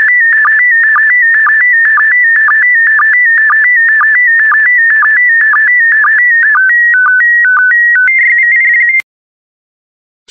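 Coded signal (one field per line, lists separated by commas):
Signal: SSTV (slow-scan television)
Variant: PD120 mode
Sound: warbling electronic tone with rapid regular chirps, then steady stepped tones, then silence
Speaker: complete. You can now check your decoded image against the picture that is shown on the video.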